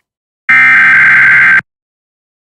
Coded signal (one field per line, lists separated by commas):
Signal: Emergency Alert System (SAME) tones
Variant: header bursts